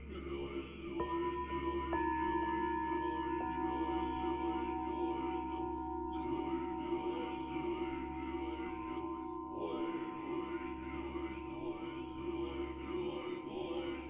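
Buddhist chanting drones on, a low steady hum of voices that stays dense throughout. Bells ring out near the start, around one and two seconds, leaving bright tones that hang and fade slowly over the chant for the rest of the clip.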